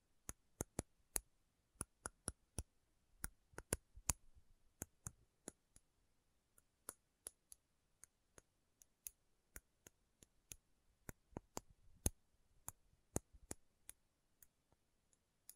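Slow tapping on metal, each tap a sharp, bright click that stops at once. The taps come at an uneven pace, roughly two to three per second, some louder than others, with near silence and a faint low rumble between them.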